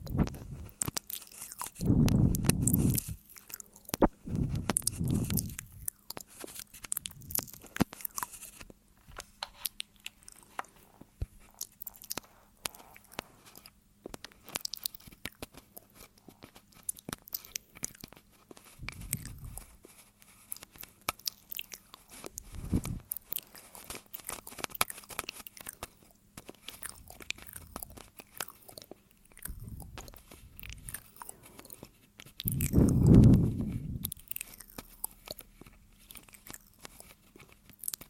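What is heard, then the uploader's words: Wet mouth sounds with crunchy, biting clicks and smacks scattered densely throughout. Louder low, breathy swells arrive around 2, 5, 19, 23 and 33 seconds, and a faint steady hum sits underneath. ASMR Tascam Tingles. Mouth Sounds.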